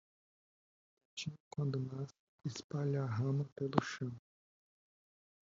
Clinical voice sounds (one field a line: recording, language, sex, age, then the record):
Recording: short text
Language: Brazilian Portuguese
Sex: male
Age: 20 to 29 years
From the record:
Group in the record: control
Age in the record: 27 years